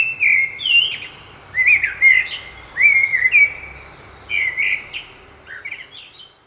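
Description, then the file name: Common blackbird song of varied fluty whistles, some sliding down, others rising, with squeaky high notes tucked in and a quieter phrase to close. "Turdus merula"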